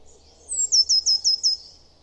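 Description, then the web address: Eurasian blue tit giving a burst of about five high, thin, down-slurred notes in rapid even succession, with faint low background rumble. "cianscape. Deverinetal"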